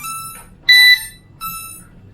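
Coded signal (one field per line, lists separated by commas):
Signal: beep code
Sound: quieter lower-pitched tone, one short loud high beep, then another quieter tone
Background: small room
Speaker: Siap? Oke, ada bunyi beep tadi ya. Ada bunyi beep sekali, berarti antara drone dan remote sudah terhubung. Udah terbinding ya.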